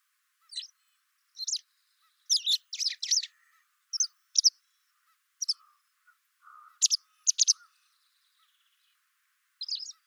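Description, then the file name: White wagtail giving a run of high, sharp double chirps in loose clusters, with a few softer, lower notes in between. "Motacilla alba"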